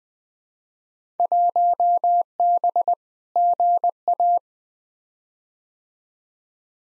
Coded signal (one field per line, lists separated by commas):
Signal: Morse code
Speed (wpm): 20 wpm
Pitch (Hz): 700 Hz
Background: none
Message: 1B GA